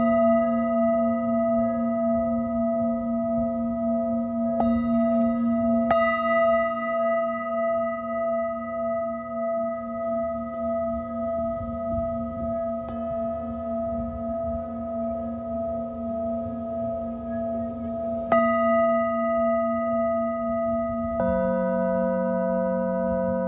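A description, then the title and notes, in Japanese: Singing bowls ring in a long, steady hum, with a strong low tone and several bright overtones pulsing gently. Fresh strikes land at about 5, 6, 13, 18 and 21 seconds, each adding a new shimmering layer over the sustained drone. メキシコから シンギングボウルのサウンドヒーリング ライブ。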